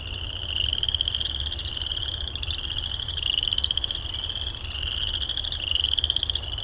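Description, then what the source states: Frogs trilling in chorus, high buzzy trills about a second or two long overlapping and restarting every couple of seconds, with a steady low rumble beneath. Recorded at Heartland Meadows.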